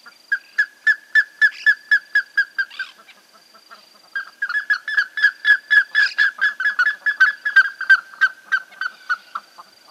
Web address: Plumbeous ibis. صدای-پرنده-اکراس-سربی